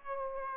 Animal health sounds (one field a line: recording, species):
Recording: mosquito wingbeat signal from an infrared sensor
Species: Aedes aegypti